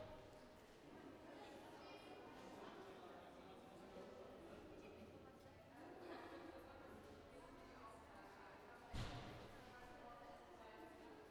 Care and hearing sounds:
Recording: everyday scene through a hearing-aid microphone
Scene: reverberant space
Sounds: background noise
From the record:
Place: railway station hall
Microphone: behind the ear, right, rear

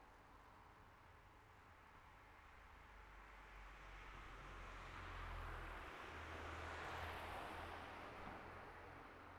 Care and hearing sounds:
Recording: everyday scene through a hearing-aid microphone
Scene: in traffic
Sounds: traffic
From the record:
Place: city secondary road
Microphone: behind the ear, right, rear

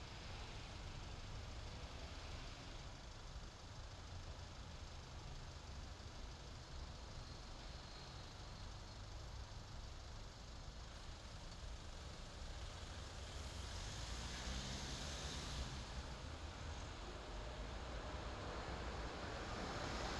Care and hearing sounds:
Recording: everyday scene through a hearing-aid microphone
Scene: in traffic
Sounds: traffic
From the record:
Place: main city hub, rush hour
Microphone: in the ear canal, left

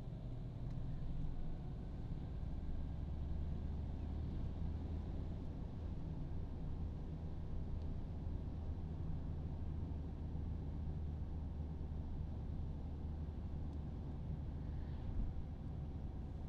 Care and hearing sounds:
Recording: everyday scene through a hearing-aid microphone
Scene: in a vehicle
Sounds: engine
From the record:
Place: Berlingo II, diesel engine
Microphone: in the ear canal, right

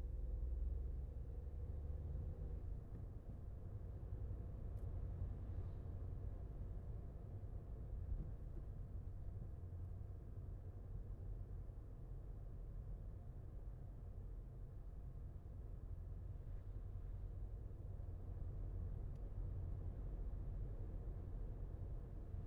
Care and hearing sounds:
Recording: everyday scene through a hearing-aid microphone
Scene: in a vehicle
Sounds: engine, highway driving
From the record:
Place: Skoda Fabia, gasoline engine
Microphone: behind the ear, left, rear

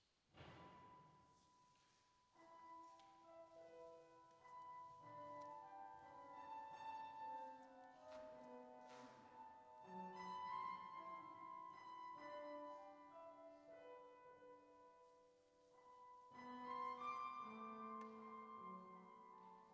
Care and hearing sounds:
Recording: everyday scene through a hearing-aid microphone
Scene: reverberant space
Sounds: music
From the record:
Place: church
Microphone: in the ear canal, left

